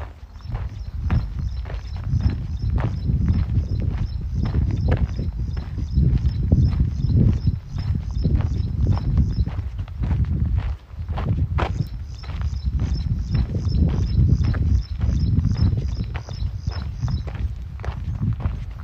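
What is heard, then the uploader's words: Footsteps while walking, falling in a steady, even rhythm about twice a second, each with a light, bright tick on top. A low, constant rumble runs underneath. Near the middle the steps briefly falter and the ticking stops for a couple of seconds before resuming. City Park Sounds. Walking In Modiin, Israel.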